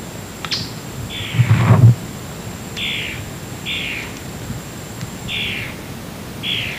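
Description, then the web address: A bird gives several short, slightly falling chirps at uneven intervals, with a brief low thump near the start and a steady background hiss. "BIRD 2015 SABIOD 50 bird 2015"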